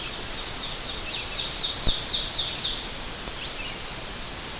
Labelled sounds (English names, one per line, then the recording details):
Ovenbird song
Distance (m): 25 m
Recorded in boreal forest in Alberta, Canada, on 12 June 2016 at 05:52
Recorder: SongMeter 3, array SBT-3-18
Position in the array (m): 203 m, 78 m
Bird 31